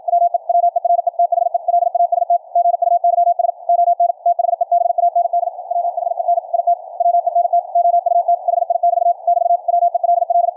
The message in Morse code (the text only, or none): WE WERE THE LAST GUYS ON THE BAND WHEN IT WENT OUT HI<BT> <BT> WELL